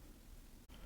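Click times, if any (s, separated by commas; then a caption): none. A collapsible metal Industar folding lens barrel with an f/3.5 aperture, such as the Industar-50-2 or Industar-22, is handled and moved toward its extreme position, where a parking latch engages. Steady broadband noise fills the clip, with a brief near-silent dropout around 0.7 s. Nothing has seated or clicked into the latch yet.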